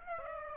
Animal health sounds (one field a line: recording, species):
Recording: mosquito wingbeat signal from an infrared sensor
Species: Aedes aegypti